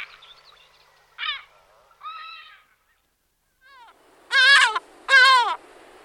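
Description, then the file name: Lesser black-backed gull giving a few scattered nasal notes followed by two loud, strained yelping calls close together near the end. "racek-žlutonohý"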